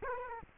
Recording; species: mosquito wingbeat signal from an infrared sensor; Culex quinquefasciatus